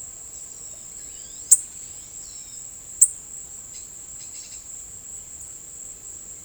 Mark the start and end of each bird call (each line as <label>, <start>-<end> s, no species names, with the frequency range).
bird call (2.7-6.8 kHz), 0.26-2.64 s
bird call (1.6-6.9 kHz), 3.64-4.75 s